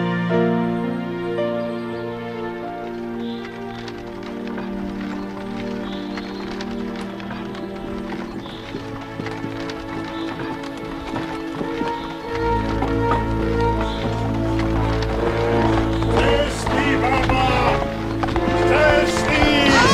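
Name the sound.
horse hooves galloping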